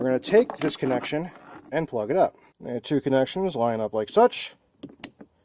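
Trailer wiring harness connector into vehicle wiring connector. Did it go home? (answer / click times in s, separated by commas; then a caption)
yes / 5.0 s. Someone talks while lining up the keyed male and female plastic connectors of a 4-pin trailer wiring harness with the vehicle wiring connector on a 2003–2006 Mitsubishi Outlander. After the talk stops, the connectors are pushed together, with faint ticks around 4.8 s and 5.2 s. A sharp snap at 5.0 s marks the connector locking into place, fully seated.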